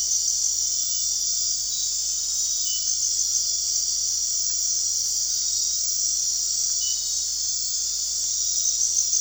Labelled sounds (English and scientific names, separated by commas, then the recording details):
none
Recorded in dense forest near Puerto Asís, Putumayo, Colombia, on 4 March 2025 at 22:30
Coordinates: 0.499, -76.324
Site GP03